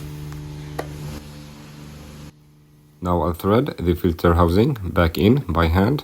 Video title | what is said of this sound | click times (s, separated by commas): How to Change Oil on a Volvo XC60 - Step-by-Step DIY | new filter simply pushes into place until it clicks. | 0.8 s